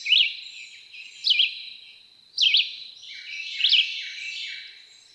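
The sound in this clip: Red-eyed Vireo, four short whistled slurred phrases over a continuous high hiss.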